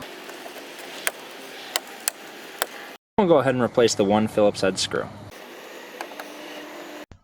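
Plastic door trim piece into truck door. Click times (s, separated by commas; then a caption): 1.1 s, 1.8 s, 2.1 s, 2.6 s. A plastic door trim piece on a 1988-1994 C/K truck, set in by its alignment tab, is pushed into the truck door so its clips slide and snap home. Sharp clicks come at 1.1, 1.8, 2.1 and 2.6 seconds, and then someone talks. The trim piece is seated.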